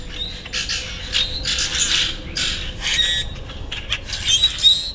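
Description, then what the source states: Common grackles in chorus: harsh metallic hisses, squeaks and raspy quavering bursts in quick succession. Mob of foot-long males in one tree; eastern states; simplest grackle song of metallic hisses and raspy quavers; males sing to attract mates and ward off rivals.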